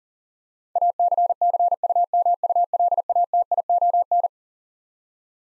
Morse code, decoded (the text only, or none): ACCUMULATION